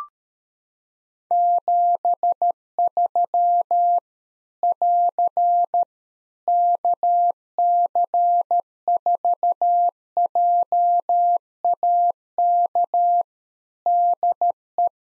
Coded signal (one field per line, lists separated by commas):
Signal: Morse code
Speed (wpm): 13 wpm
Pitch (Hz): 700 Hz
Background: none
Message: 73 <AR> KC4JAK DE